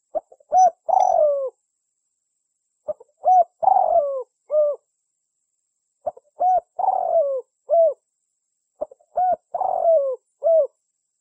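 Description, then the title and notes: Spotted dove cooing: four low phrases, each a few short notes, then a long rolling, falling coo and a final note, repeated about every three seconds; no other sounds. Lure call for attracting spotted doves. "Pikat Burung Tekukur. suara burung tekukur"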